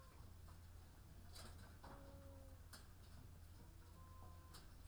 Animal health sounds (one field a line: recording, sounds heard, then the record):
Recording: poultry house recording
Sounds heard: sick chickens (respiratory disease)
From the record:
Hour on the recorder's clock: 15